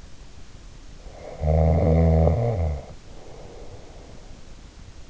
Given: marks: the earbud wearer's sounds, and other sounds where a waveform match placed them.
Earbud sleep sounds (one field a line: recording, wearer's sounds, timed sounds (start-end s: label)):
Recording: sounds in sleep by an in-ear microphone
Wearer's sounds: snoring breath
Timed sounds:
0.95-4.40 s: snoring breath